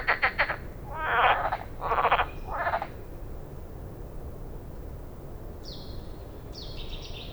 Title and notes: Envirhôna, Les Avenières Veyrins-Thuellin, France - Réveil batracien. Grenouille "commune"